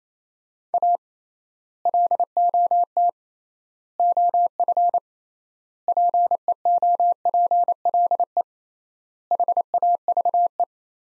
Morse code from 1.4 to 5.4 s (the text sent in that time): LOT OF